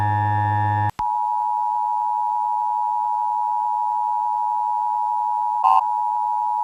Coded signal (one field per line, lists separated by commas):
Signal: Emergency Alert System (SAME) tones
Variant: 853 and 960 Hz attention tone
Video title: [EAS YTP] Severe Flash Tornado Thunderstorm Warning